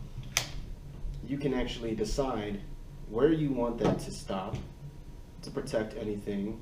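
A rear part is slid into the body of an ICS Komodo SBR S3 airsoft rifle, and it clicks into its normal locked position with a sharp, short hit at 0.4 s, just after a brief sliding sound. Someone talks throughout the rest of the clip.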